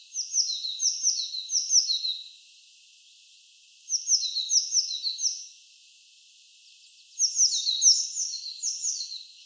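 Eurasian blue tit calling in three runs of high, clipped two-part notes, each run lasting one to two seconds, with light hiss between.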